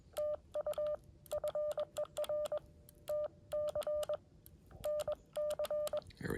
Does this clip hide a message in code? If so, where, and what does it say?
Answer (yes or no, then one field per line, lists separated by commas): yes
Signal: Morse code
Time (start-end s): 0.2-6.0 s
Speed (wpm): 21 wpm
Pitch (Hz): 600 Hz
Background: none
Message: TU FER TC NC